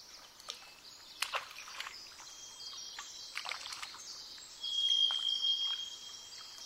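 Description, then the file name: Varied thrush song: a quieter level whistle first, then a louder long buzzy note held for about two seconds, amid sharp clicks. "jh-040427-variedthrush"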